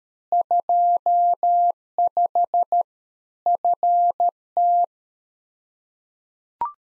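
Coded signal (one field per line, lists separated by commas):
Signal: Morse code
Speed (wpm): 13 wpm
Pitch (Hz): 700 Hz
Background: none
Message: 25 FT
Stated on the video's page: Practice QSO drill at 13 wpm covering rig, antenna and weather information exchange, for head-copying.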